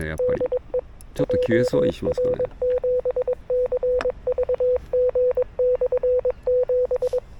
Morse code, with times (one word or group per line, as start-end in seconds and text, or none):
0.2-0.8 DE
1.2-7.2 JR7CVG/7